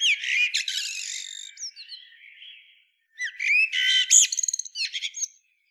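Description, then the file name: Eurasian blackbird song: a busy, squeaky twittering phrase fading out, a short silence, then another warbled phrase ending in rapid high chatter. "Turdus merula"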